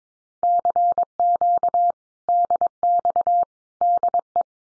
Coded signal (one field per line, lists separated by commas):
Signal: Morse code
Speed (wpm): 22 wpm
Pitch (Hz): 700 Hz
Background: none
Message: CQ DX DE